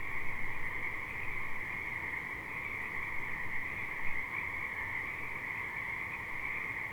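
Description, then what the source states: Frogs calling in a dense, continuous chorus, a steady trilling hum with no breaks, under a low background rumble. Several frogs at the Alsea River.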